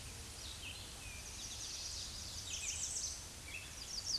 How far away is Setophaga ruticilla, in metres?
about 25 m